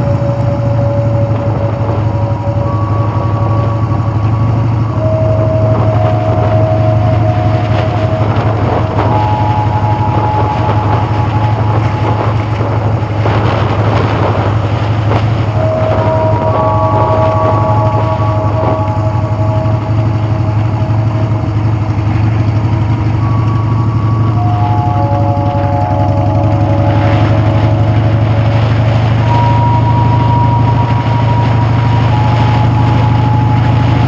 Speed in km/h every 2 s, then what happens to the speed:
31, 27, 34, 37, 39, 32, 35, 35, 27, 24, 24, 29, 23, 26, 27, 32, 21.
2-5 speeds up to 37. 5-13 steady at about 35. 13-18 slows to 24. 18-25 steady at about 24. 25-30 speeds up to 32.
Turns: 18-27.